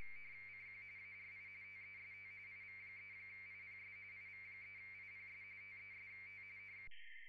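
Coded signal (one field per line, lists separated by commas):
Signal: RTTY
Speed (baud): 45.45 baud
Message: CQ ARI TEST IV3IPS IV3IPS TEST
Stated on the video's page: RTTY in the A.R.I. International DX Contest, single operator two VFO, low power.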